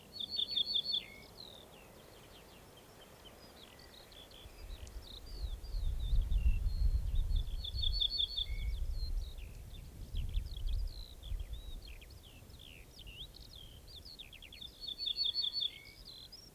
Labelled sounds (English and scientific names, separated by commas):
Ortolan Bunting (Emberiza hortulana) song